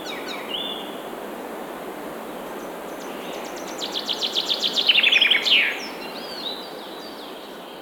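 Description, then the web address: Bird song: a run of repeated high notes that speeds into a trill and ends in a downward flourish, with a few faint chirps before and after over a steady hiss. "مجموعه افکت صدا حیوانات SES Animals SFX Singing Forest Birds"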